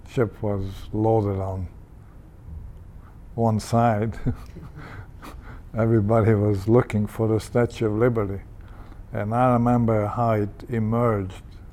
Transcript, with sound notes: ship was loaded on one side. [Laughs] Everybody was looking for the Statue of Liberty. And I remember how it emerged